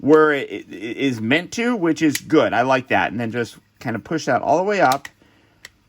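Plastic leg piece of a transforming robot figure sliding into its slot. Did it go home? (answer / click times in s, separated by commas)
yes / 5.7 s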